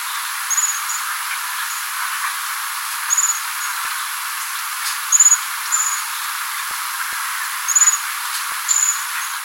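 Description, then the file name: Bushtit calls: very high, thin, short twittering notes given in small bursts at irregular intervals, over a steady faint hiss. "Common Bushtits"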